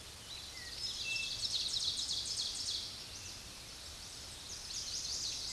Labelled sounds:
Ovenbird (Seiurus aurocapilla) song
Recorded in a Pennsylvania forest on 16 May 2024 at 06:45
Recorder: AudioMoth, point MSD-2349
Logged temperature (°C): 15.8 °C
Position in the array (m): 81 m, 26 m

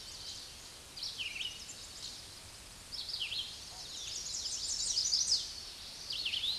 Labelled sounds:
Chestnut-sided Warbler (Setophaga pensylvanica) song
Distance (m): 20 m
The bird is about 10 m above the microphone
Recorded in a Pennsylvania forest on 16 May 2024 at 06:43
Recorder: AudioMoth, point MSD-2208
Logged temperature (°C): 15.2 °C
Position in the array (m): 161 m, 91 m

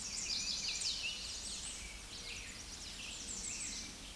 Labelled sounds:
American Redstart (Setophaga ruticilla) song
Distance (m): 35 m
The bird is about 15 m above the microphone
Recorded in a Pennsylvania forest on 16 May 2024 at 09:02
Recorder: AudioMoth, point MSD-0383
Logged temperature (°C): 15.3 °C
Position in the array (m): 93 m, 242 m

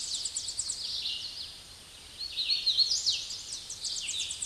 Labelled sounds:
Hooded Warbler (Setophaga citrina) song
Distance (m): 25 m
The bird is about 15 m above the microphone
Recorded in a Pennsylvania forest on 16 May 2024 at 08:13
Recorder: AudioMoth, point MSD-2417
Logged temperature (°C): 16.4 °C
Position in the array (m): 101 m, 93 m

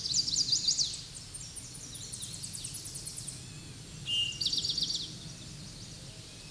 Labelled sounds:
Eastern Towhee (Pipilo erythrophthalmus) song
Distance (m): 15 m
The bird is about 5 m above the microphone
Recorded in a Pennsylvania forest on 16 May 2024 at 07:37
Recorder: AudioMoth, point MSD-2257
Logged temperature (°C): 16.0 °C
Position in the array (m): 181 m, 181 m

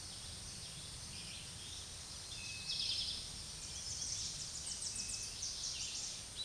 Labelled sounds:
Eastern Towhee (Pipilo erythrophthalmus) song
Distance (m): 35 m
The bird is about 10 m above the microphone
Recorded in a Pennsylvania forest on 16 May 2024 at 06:09
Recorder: AudioMoth, point MSD-2083
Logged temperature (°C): 16.7 °C
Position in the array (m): 109 m, 6 m

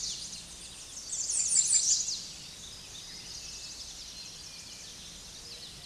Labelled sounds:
American Redstart (Setophaga ruticilla) song
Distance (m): 35 m
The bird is about 15 m above the microphone
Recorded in a Pennsylvania forest on 16 May 2024 at 06:09
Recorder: AudioMoth, point MSD-2112
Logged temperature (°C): 16.3 °C
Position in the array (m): 84 m, 222 m

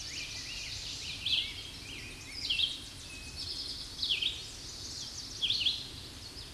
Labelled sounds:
Red-eyed Vireo (Vireo olivaceus) song
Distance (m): 20 m
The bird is about 5 m above the microphone
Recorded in a Pennsylvania forest on 16 May 2024 at 07:12
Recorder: AudioMoth, point MSD-1338
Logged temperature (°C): 12.6 °C
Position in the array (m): 130 m, 51 m

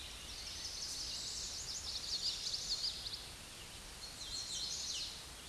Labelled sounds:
Common Yellowthroat (Geothlypis trichas) song
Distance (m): 25 m
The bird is about 10 m above the microphone
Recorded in a Pennsylvania forest on 16 May 2024 at 09:42
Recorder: AudioMoth, point MSD-1892
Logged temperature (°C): 14.5 °C
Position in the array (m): 78 m, 100 m

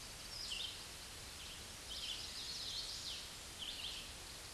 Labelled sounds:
Hooded Warbler (Setophaga citrina) song
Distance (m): 50 m
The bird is about 15 m above the microphone
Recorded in a Pennsylvania forest on 16 May 2024 at 08:11
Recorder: AudioMoth, point MSD-2201
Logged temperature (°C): 15.5 °C
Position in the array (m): 163 m, 103 m

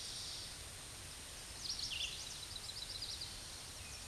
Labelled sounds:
Red-eyed Vireo (Vireo olivaceus) song
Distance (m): 50 m
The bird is about 20 m above the microphone
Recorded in a Pennsylvania forest on 16 May 2024 at 08:01
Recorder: AudioMoth, point MSD-2304
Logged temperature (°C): 16.0 °C
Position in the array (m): 171 m, 139 m

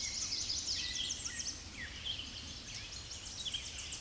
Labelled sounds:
American Redstart (Setophaga ruticilla) song
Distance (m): 55 m
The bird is about 15 m above the microphone
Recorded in a Pennsylvania forest on 16 May 2024 at 06:53
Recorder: AudioMoth, point MSD-2040
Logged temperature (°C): 15.3 °C
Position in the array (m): 118 m, 204 m

